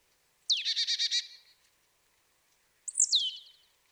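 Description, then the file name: Marsh tit calling: a quick buzzy chatter of about six rapid notes, then after a pause a sharp high note sliding downward into a short buzzy tail. "Poecile palustris"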